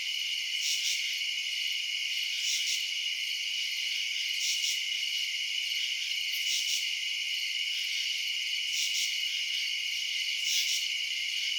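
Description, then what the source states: Crickets give an unbroken high trill, with stronger chirps rising above it every couple of seconds. Crickets recorded at night in residential suburbs.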